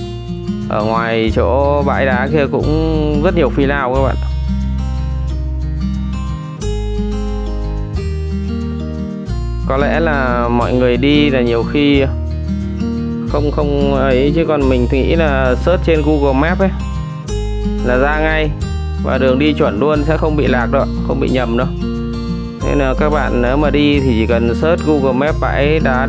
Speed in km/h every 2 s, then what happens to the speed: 58, 58, 58, 59, 59, 59, 63, 61, 61, 62, 61, 62, 57.
0-26 steady at about 59.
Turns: none.